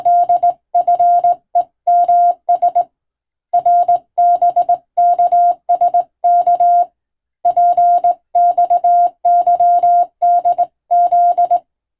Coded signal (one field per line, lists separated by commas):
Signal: Morse code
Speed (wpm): 20 wpm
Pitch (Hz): 700 Hz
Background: none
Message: DFEMS RBKSK PXYDZ